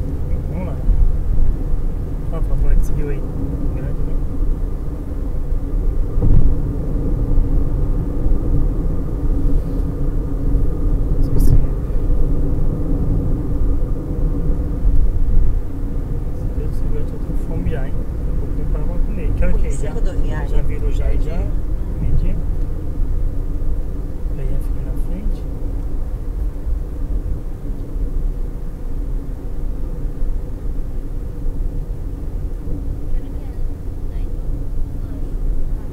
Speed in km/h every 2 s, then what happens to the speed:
79, 82, 83, 83, 85, 83, 83, 84, 88, 91, 87, 83, 79, 75, 74, 73, 71, 70.
0-19 speeds up to 91. 19-26 slows to 75. 26-36 steady at about 73.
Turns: none.